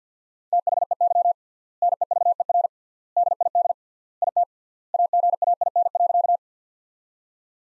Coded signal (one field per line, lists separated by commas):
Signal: Morse code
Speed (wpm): 48 wpm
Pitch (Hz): 700 Hz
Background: none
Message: THEY NEVER DID IT AGAIN.